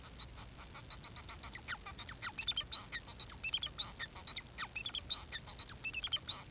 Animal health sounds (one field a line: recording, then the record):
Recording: song of a male Bengalese finch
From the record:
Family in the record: son of father 4